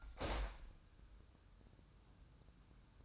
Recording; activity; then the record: daily activity, microphone in the room; open window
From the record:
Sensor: 2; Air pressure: 1004.5 hPa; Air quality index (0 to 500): 110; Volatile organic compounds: 3 ppm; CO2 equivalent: 1325 ppm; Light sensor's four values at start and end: 6/14/5/5 and 6/14/6/6